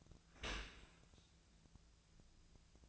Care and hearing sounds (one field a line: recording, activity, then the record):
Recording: daily activity, microphone in the room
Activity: open dishwasher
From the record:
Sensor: 2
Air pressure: 1000.3 hPa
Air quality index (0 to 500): 165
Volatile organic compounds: 3 ppm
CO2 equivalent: 1368 ppm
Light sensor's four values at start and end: 11/30/11/13 and 11/30/11/13